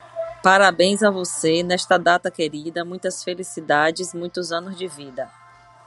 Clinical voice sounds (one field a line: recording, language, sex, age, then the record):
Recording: short text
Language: Brazilian Portuguese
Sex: female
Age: 40 to 49 years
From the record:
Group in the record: control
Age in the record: 41 years